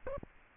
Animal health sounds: mosquito wingbeat signal from an infrared sensor; Aedes aegypti

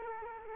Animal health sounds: mosquito wingbeat signal from an infrared sensor; Culex quinquefasciatus

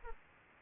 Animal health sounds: mosquito wingbeat signal from an infrared sensor; Aedes albopictus

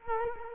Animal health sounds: mosquito wingbeat signal from an infrared sensor; Culex quinquefasciatus

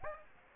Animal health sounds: mosquito wingbeat signal from an infrared sensor; Aedes aegypti

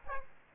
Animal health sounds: mosquito wingbeat signal from an infrared sensor; Aedes aegypti

